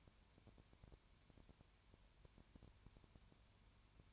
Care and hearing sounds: daily activity, microphone in the room; no activity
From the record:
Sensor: 2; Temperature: 20.3 degrees Celsius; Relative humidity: 33.8%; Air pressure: 1003.2 hPa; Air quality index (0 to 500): 82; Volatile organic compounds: 1 ppm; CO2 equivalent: 781 ppm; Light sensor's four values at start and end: 2/3/2/2 and 2/3/2/2

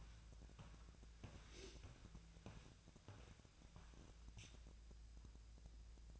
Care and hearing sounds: daily activity, microphone in the room; walk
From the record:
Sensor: 2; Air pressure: 1012.0 hPa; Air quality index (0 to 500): 174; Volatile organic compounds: 2 ppm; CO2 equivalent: 1265 ppm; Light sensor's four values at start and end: 43/113/48/53 and 43/114/48/54

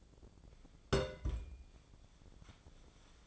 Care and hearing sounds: daily activity, microphone in the room; place on stove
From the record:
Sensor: 5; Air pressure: 1000.0 hPa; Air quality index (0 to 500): 93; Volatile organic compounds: 1 ppm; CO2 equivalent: 757 ppm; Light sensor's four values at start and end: 329/767/335/376 and 329/768/335/376

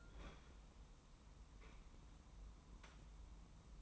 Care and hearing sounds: daily activity, microphone in the room; open fridge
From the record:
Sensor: 1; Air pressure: 994.4 hPa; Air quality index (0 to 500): 221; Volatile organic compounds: 1000 ppm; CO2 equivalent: 7966 ppm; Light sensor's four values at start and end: 139/318/142/157 and 139/318/142/157

